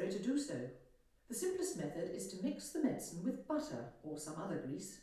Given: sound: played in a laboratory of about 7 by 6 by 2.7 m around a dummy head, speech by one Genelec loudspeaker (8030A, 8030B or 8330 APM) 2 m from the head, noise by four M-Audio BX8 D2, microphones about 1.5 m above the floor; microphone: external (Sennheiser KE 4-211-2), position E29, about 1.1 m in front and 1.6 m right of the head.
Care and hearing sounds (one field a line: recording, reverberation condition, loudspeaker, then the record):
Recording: female speech in English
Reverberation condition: medium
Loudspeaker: 90 degrees to the left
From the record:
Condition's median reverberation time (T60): about 510 ms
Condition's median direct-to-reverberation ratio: about -0.5 dB